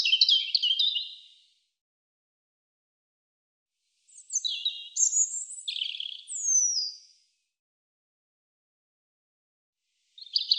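European robin song: a trilled phrase, a pause, then a longer varied phrase of high whistles and a descending slurred note, with another phrase starting at the end.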